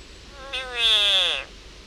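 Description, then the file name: Frog distress call: one strained, nasal scream of about a second, its pitch gradually dropping, loud against a faint hissing background. Frog in agony. "agony of a frog"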